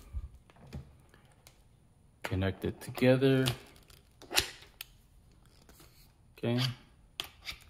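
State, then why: Seated. A hose quick-connect fitting is pushed into the coupler on a foam gun. Someone talks amid faint handling noises, and at 7.2 s the fitting latches with a sharp click, fully seated.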